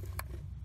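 An electrical connector is pushed back onto a replaced ignition coil on a 2006-2010 Ford Explorer engine until it clicks. A sharp, bright click at 0.2 s stands out over a steady low hum, and the connector is seated.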